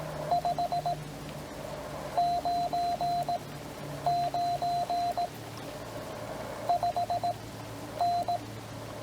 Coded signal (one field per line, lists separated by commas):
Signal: Morse code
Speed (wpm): 15 wpm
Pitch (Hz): 700 Hz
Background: none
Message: 599 5N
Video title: CW POTA Callsign copy practice with subtitles